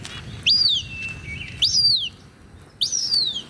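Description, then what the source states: Cooper's hawk begging calls: three high, thin squealing notes, each rising sharply then sliding down, repeated roughly every second. Played from a phone app; young hawks just out of the nest and learning to fly call loudly for food from their parents.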